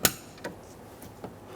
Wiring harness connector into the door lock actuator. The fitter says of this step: Install the connector. Push until you hear a click.